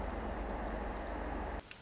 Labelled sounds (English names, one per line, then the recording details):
Pacific Wren
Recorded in Sonoma County, California